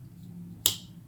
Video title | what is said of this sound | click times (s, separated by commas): Rough Ryder G -10 Bow Trapper Review (Super Affordable Slipjoint) | quite a snap | 0.7 s